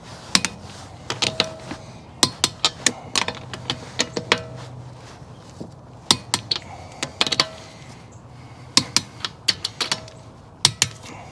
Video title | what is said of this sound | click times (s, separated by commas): How to Replace Front Brake Pads on a Hyundai Tucson 2016 [Complete Guide] | and you heard it click each time twice that means we're all set | 0.4 s, 2.2 s, 6.1 s, 8.8 s, 10.6 s, 10.8 s